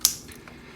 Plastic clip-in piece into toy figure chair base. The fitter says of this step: and then that locks into place so you can you can just stand them up like that